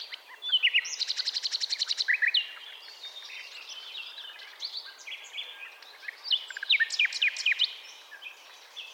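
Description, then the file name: Common nightingale song: a fast burst of rapidly repeated sharp notes, then varied chirps, whistles and buzzy phrases in quick succession. "Luscinia megarhynchos"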